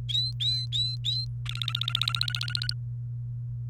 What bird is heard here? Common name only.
Domestic Canary